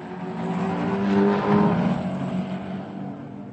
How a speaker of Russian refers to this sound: Треск моторов пулеметной дробью завис над трассой. Пахло прогорклым маслом, бензином и касторкой. Волнующий чудный запах, волнующий чудный шум моторов.